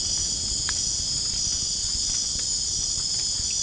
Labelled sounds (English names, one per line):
none